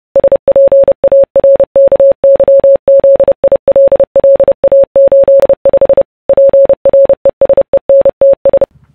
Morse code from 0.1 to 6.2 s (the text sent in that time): SPARKYZILLA85